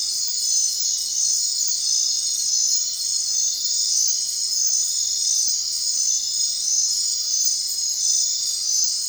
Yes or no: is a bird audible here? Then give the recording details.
no. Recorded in secondary vegetation near Puerto Asís, Putumayo, Colombia, on 22 June 2025 at 20:30. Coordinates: 0.499, -76.323. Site G077